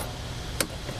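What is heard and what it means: A torque wrench tightens a side step bracket-to-frame bolt on a Nissan Xterra at a higher setting of about 8.4. Over a steady low background hum, it gives a single sharp click at 0.6 seconds as it breaks over at the setting.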